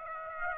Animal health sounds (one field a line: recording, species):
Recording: mosquito wingbeat signal from an infrared sensor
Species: Aedes aegypti